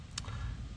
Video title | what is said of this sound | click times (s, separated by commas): J&L Oil Separator Install 2021-2026 Chevy Express and GMC Savana 6.6L 3128D | hear that snap. That disengages the lock. | 0.2 s